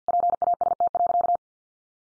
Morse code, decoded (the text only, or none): PAST.